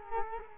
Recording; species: mosquito wingbeat signal from an infrared sensor; Culex quinquefasciatus